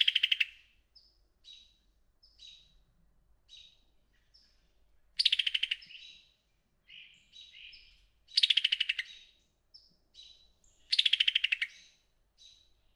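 Summer tanager delivering several quick bursts of clipped, stuttering notes, each trailing downward, interspersed with scattered thin chips and brief warbled fragments.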